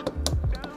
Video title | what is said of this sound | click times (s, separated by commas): ANAK 80 AN MASUK! REVIEW DAN RAKIT TAMIYA MINI 4WD DASH EMPEROR YUK! | ada bunyi cetek semua dan tinggal di baut kayak gini nih kencengin | 0.3 s